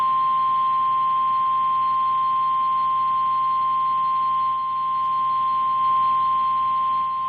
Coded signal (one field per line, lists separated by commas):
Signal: Emergency Alert System (SAME) tones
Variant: 1050 Hz attention tone